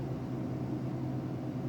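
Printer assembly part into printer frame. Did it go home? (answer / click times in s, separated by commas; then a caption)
no / none. A printer assembly part is lined up in the printer frame, aligned at the bottom and into the small groove at the top, then held in position before being pushed in. Only a steady low hum with broadband noise is heard, with no sudden sounds. Nothing has seated or clicked yet.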